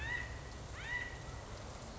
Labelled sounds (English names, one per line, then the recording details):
California Quail
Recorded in Sonoma County, California